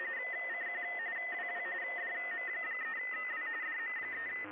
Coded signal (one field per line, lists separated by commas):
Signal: RTTY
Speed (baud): 45.45 baud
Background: radio noise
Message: CQ WW DM3W DM3